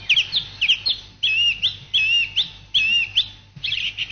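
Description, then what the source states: Song thrush song: bright, high whistled phrases, some short figures repeated two or three times in quick succession, over a faint low hum. Played from tape; wild population numbers depend strongly on winters, thinned by cold and grown after recent mild winters.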